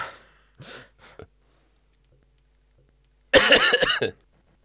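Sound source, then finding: Adult man. Cough.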